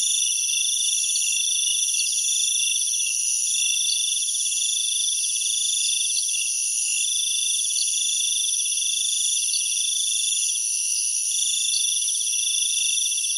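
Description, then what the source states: Insects in a dense night chorus, several steady high-pitched buzzing trills layered together without pause throughout. Jungle insects at night in Thailand.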